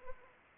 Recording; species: mosquito wingbeat signal from an infrared sensor; Anopheles arabiensis